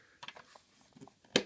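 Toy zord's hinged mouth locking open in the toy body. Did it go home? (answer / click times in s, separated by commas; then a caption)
yes / 1.4 s. A plastic mouth on a blue Ammonite Zord toy (Dino Charge) is pushed open and up on its hinge until it locks open in the toy body. Several light plastic taps and rubs come first, then a sharp click at 1.4 s as the mouth seats in place.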